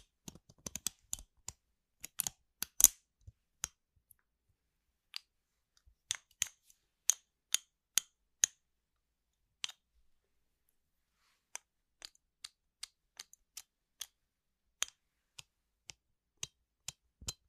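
Household objects make sharp, dry clicks and snaps, scattered irregularly over about seventeen seconds. Early on the taps come in quick clusters, then they thin to single crisp clicks every second or so, with brief silent gaps between them.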